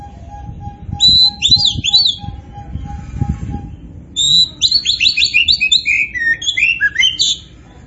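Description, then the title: Oriental magpie-robin song, quick whistled phrases, then a long rapid medley of varied notes; soft regularly repeated beeps sound underneath at first. Singing strongly (gacor). "Kacer Poci Gacor"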